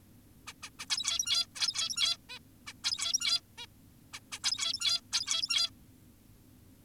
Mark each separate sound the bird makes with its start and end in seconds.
0.48-0.53, 0.63-0.70, 0.79-0.86, 0.90-1.47, 1.56-2.17, 2.30-2.39, 2.67-2.73, 2.84-3.41, 3.58-3.66, 4.14-4.20, 4.32-4.39, 4.44-5.01, 5.13-5.70